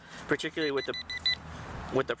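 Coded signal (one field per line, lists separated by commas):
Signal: none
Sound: metal detector pinpointer beeps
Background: speech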